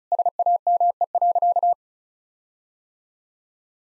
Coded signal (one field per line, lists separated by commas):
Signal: Morse code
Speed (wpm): 34 wpm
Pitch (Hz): 700 Hz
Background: none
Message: SAME.